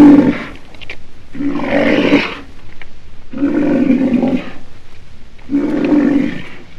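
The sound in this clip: Black rhinoceros uttering four rough, harmonic groaning calls, the first cut short at the start and the others each about a second long, spaced roughly every two seconds.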